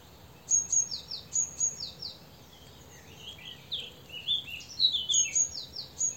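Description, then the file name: Great tit high whistled notes with falling slurs, then a run of lower chirping notes before the high pattern returns; soft hiss behind. "Parus major"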